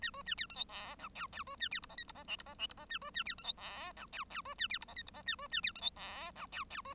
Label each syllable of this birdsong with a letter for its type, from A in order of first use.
A B A C D E F G H H B A C I J K I J L I J L I J A B A C D E F G H H B A C I J K I J A B A C D E F G H H B